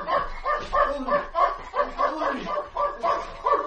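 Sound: dog barking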